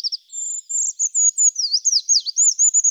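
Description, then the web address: Eurasian treecreeper giving very high, thin, wavering notes, short at first and then longer and warbled, repeated continuously over a quiet background. "Certhia familiaris"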